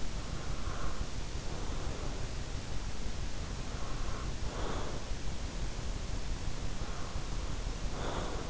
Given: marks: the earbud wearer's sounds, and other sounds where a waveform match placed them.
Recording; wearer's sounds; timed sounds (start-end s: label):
sounds in sleep by an in-ear microphone; breath
0.19-2.35 s: breath
3.48-5.27 s: breath
6.53-8.50 s: breath